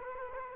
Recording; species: mosquito wingbeat signal from an infrared sensor; Culex quinquefasciatus